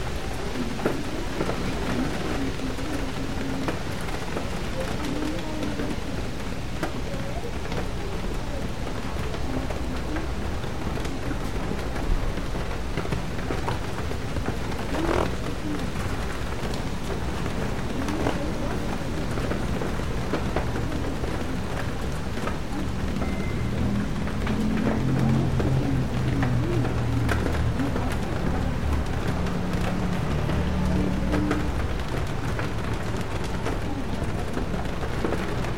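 Rain patters on a bookstore window in a steady, dense wash that holds level for the whole stretch. A low rumble sits underneath, with a few brief sharper ticks and taps around fifteen seconds and scattered low murmurs in the second half.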